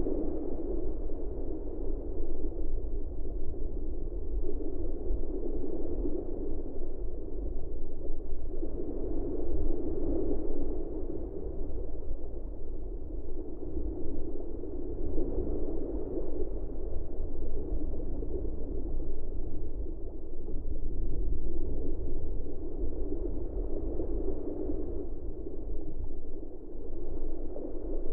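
Waves roll overhead in a deep, muffled wash, heard as if from underwater. The sound stays low and dark throughout, with nothing bright above it, and slow swells rise and fall every few seconds without sharp breaks or distinct splashes.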